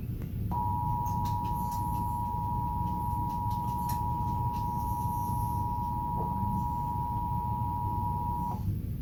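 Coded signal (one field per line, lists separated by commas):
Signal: Emergency Alert System (SAME) tones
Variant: 853 and 960 Hz attention tone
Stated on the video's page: Monthly test relayed on three Oklahoma City TV channels, recorded with a Samsung Galaxy S8.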